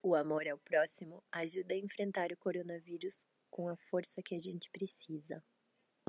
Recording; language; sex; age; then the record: spoken sentence; Brazilian Portuguese; female; 20 to 29 years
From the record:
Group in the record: control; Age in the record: 29 years